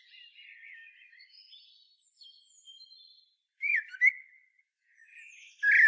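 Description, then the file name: Common blackbird song: soft high twittering, then two loud fluty whistled notes with a high chatter, and a final loud phrase at the end. "Turdus merula"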